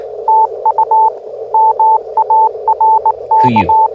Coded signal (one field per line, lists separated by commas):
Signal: Morse code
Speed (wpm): 18 wpm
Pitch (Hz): 880 Hz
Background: none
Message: TU MARK